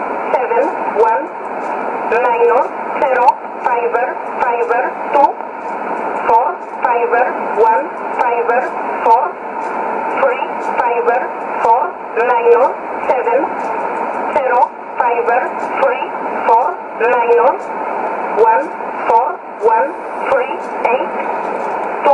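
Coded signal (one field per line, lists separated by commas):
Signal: numbers station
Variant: E11 Oblique, English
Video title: 15 03 2017 Numbers station E11 Oblique in English to Eu 0813 on 11450 in USB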